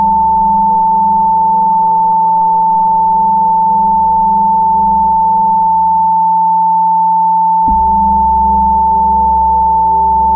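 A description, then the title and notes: Tibetan bowls sustain a steady, pure ringing tone that holds unchanged from start to finish. Beneath it, a low hum pulses in slow, regular waves. Near the eight-second mark the low layer shifts abruptly and swells fuller while the high tone rings on. 888 HZ | Tibetan Bowls of Plenty.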